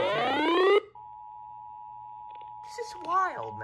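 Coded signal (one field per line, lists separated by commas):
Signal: Emergency Alert System (SAME) tones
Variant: 853 and 960 Hz attention tone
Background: speech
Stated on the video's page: Hurricane Helene EAS alerts, some received on a BC370CRS.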